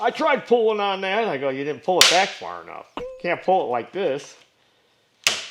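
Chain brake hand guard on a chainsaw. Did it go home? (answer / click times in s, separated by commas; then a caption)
yes / 5.3 s. Someone talks, then the front hand guard (chain brake lever) of a chainsaw is pulled back toward the handle and latches with a sharp click at 5.3 s. This releases the chain brake and puts the saw in run position.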